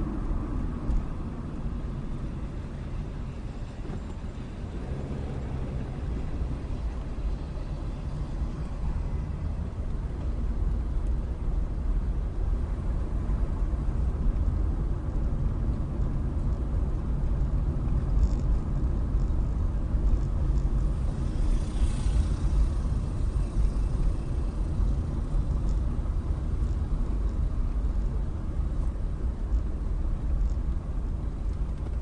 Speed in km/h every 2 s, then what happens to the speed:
23, 11, 15, 15, 16, 19, 23, 26, 26, 26, 26, 24, 24, 23, 21, 18.
0-2 brakes to 11. 2-14 speeds up to 26. 14-24 steady at about 26. 24-32 slows to 18.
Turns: 2-7.